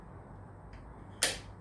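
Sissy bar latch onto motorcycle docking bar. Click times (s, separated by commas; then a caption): 1.2 s. A sissy bar's latches are slid under and pushed onto a motorcycle's docking bar until the latch locks with a single sharp click at 1.2 seconds. A faint lighter tap comes a moment earlier, around 0.7 seconds, over a low steady background hum. The sissy bar latch is seated and locked onto the docking bar.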